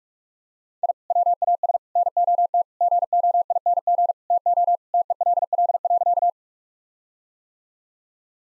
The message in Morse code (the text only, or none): I WAS NOT GOING TO TELL.